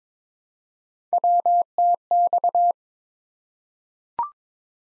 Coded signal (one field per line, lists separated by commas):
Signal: Morse code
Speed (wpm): 22 wpm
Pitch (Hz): 700 Hz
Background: none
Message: WTX